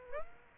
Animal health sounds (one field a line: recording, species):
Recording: mosquito wingbeat signal from an infrared sensor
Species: Aedes aegypti